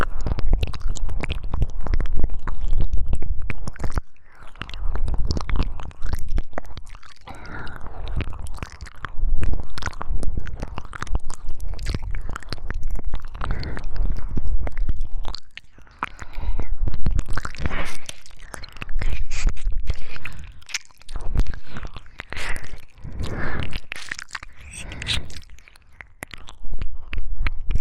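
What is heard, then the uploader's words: Close, wet ear licking fills the recording with dense smacking, squishing and crunchy mouth sounds pressed right up against the microphone. The texture comes in bursts of several seconds, broken by brief near-silent pauses around 4, 7, 15 and 21 seconds, with a low rumble underneath. 3DIO舔耳 | 耳舐め | Ear Licking | NO Talking.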